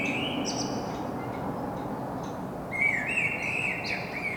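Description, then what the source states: Common blackbird song: warbled phrases of fluty notes with squeaky high twitters, over steady low traffic rumble. Singing in Saint-Gilles, Belgium; recorded with a Sony PCM-M10 internal microphone.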